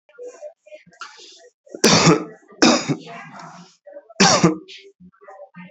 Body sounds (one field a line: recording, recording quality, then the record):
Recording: shallow voluntary cough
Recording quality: excellent, no background noise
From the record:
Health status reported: healthy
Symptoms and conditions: none ticked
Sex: male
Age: 36 years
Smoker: not ticked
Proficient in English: yes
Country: India